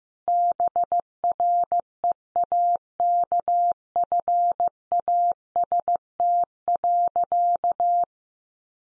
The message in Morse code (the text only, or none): BREAKFAST.